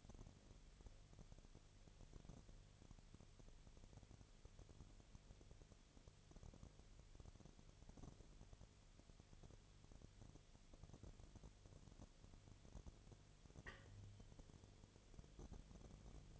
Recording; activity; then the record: daily activity, microphone in the room; no activity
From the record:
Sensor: 4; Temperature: 22.4 degrees Celsius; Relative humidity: 31.0%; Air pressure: 1004.1 hPa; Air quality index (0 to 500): 85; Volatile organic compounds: 1 ppm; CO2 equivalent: 769 ppm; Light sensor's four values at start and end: 2/3/1/1 and 2/3/1/1